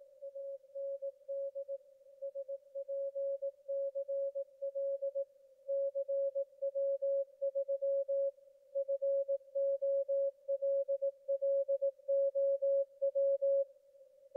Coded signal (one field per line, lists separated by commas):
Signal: Morse code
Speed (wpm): 18 wpm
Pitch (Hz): 550 Hz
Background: none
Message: AND SPCL CW3 FOLLOW